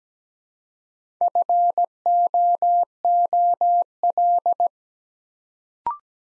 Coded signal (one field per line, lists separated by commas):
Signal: Morse code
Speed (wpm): 17 wpm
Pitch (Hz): 700 Hz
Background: none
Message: FOOL